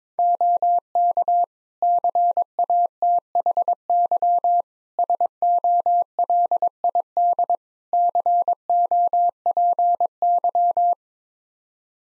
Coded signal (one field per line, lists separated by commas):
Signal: Morse code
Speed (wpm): 21 wpm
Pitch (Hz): 700 Hz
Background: none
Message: OK CATHY SOLID COPY